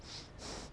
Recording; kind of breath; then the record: one breath in and out by a microphone near the nose and mouth; strong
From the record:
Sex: male